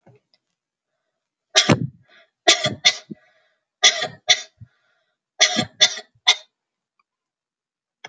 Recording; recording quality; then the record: heavy voluntary cough; excellent, no background noise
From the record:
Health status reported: healthy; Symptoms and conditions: none ticked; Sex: female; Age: 30 years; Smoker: not ticked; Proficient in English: yes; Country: United States